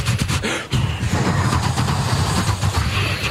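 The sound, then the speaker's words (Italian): A voice imitates a pedal-operated train toilet flushing with suction: a brief burst, a short break, then a steady rumbling, hissing roar that holds loudly for about three seconds. “E poi quando andava sul treno sempre faceva l'imitazione del bagno sui treni.”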